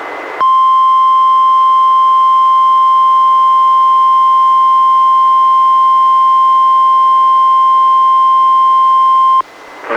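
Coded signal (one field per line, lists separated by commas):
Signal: Emergency Alert System (SAME) tones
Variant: 1050 Hz attention tone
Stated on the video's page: NOAA Weather Radio required weekly test relayed by a weather radio station, received on a weather radio and recorded through an audio recorder.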